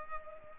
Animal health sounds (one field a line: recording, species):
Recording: mosquito wingbeat signal from an infrared sensor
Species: Culex pipiens